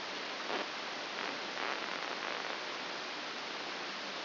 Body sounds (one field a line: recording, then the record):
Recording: brain microelectrode recording played as sound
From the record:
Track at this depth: outside the subthalamic nucleus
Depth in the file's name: 6.301 mm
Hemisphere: left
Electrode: 2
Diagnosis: Parkinson's disease